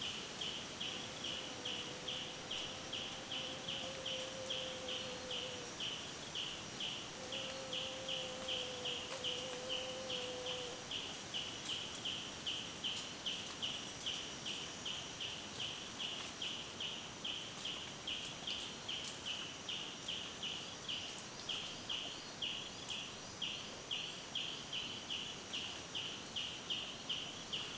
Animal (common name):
Yellow-whiskered Greenbul